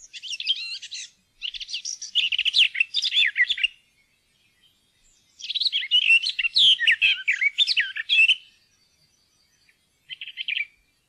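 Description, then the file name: Garden warbler song: fast streams of chattering warbling notes lasting several seconds, a pause, then another long stream and a short final burst. "hagesanger"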